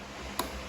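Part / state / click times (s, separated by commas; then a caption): plastic tab onto door handle cable / seated / 0.4 s. On a Fiat 500 Abarth, during a window lift assembly (regulator and motor) replacement, the door handle cable is pressed in and its plastic tab locks back onto the cable. A single short, sharp click sounds at 0.4 s against a quiet background, and the tab is seated.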